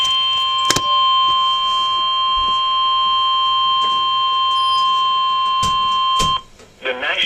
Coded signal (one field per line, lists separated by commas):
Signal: Emergency Alert System (SAME) tones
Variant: 1050 Hz attention tone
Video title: Severe Thunderstorm Warning #2 (EAS #340)